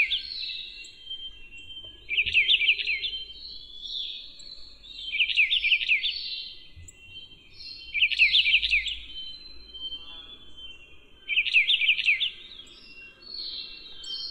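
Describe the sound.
Brown bullfinch giving four brief clusters of rapid, warbling chirps roughly every three seconds, with fainter high notes in between and low rumbles in the background.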